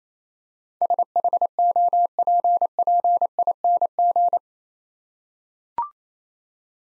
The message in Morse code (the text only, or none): SHOPPING